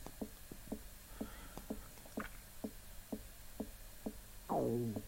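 Steady soft popping of a bubbling coffee siphon while coffee is being brewed, then a brief gurgling, falling rumble of an adult's stomach growling.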